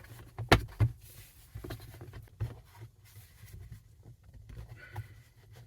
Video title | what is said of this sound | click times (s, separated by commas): Kia Telluride / Hyundai Palisade FITCAMX Dash Cam Review & How To Tutorial | we should just be able to snap into place now | 0.5 s